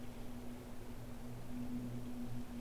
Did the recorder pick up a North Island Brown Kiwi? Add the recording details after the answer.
no. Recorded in New Zealand on 5 November 2015. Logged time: 22:59. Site CQ72